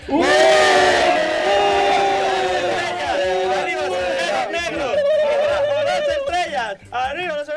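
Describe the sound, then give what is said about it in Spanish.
A crowd's booing played backwards, a dense wash of many voices with sustained, swelling tones that rise and warp unnaturally, loud throughout and trailing into fluttering fragments near the end. “Entonces, en esa parte del universo, ¿cómo sonarían los abucheos? Pues así.”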